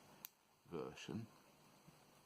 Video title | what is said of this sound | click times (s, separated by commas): Wing Sung 3008 Fountain Pen Review | it does click into place on this particular version | 0.2 s